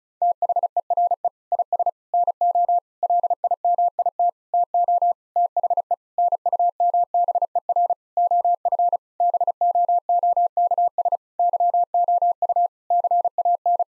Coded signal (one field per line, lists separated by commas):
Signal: Morse code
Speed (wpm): 36 wpm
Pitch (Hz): 700 Hz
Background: none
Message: THERE IS NO LIMIT TO THE NUMBER OF BOOKS YOU CAN